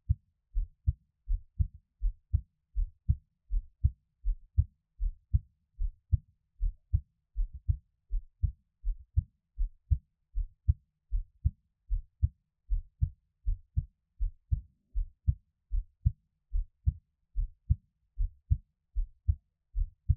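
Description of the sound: Steady, deep paired thumps of an adult heartbeat, about 75 to 80 beats a minute, heard close up as a Taiwanese ASMR heartbeat piece with no talking.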